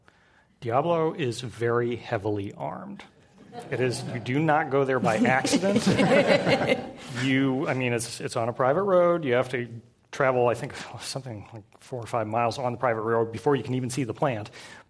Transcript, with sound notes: Diablo is very heavily armed, it is. Do not go there by accident.
[Laughter]
You, I mean it sits on a private road, you have to travel I think something four or five miles on private road before you can even see the plant.